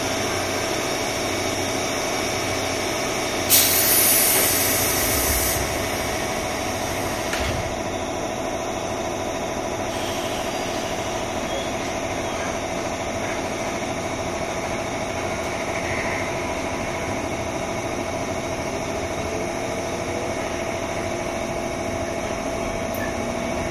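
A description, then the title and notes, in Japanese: A JR 201 series train sits with a steady, even drone of motor and fan hum holding level throughout. Around the fourth second a loud burst of hiss rises for about two seconds, followed by a few soft clicks. JR201系 桃谷〜桃谷。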